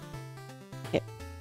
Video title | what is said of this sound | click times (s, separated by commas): 【SMP Gunbuster】Its about time. Literally. | joint. Snap in place. Testing motion. | 1.0 s